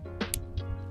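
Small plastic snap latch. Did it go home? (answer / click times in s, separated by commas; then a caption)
yes / 0.3 s. An action camera, a DJI Action 5 Pro, is pressed onto its magnetic quick-release mount. A sharp, bright click at 0.3 s marks the latch locking, with softer taps around it over a low steady hum. The camera is seated and locked in the mount.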